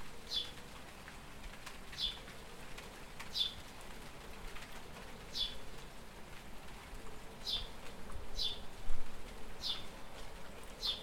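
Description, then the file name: House sparrow chirps, about eight short sharp notes at irregular gaps, over soft steady background noise. "Passer domesticus"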